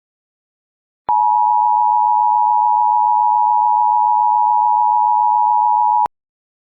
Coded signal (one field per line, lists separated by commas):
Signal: Emergency Alert System (SAME) tones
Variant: 853 and 960 Hz attention tone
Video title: EAS Scenario: Fused